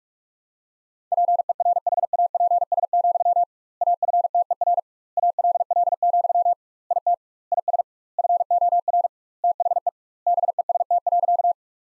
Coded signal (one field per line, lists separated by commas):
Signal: Morse code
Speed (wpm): 42 wpm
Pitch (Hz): 700 Hz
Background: none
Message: PERHAPS, AFTER ALL, IT IS FOR THE BEST.